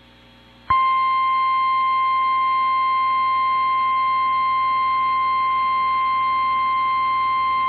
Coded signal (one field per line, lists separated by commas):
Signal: Emergency Alert System (SAME) tones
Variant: 853 and 960 Hz attention tone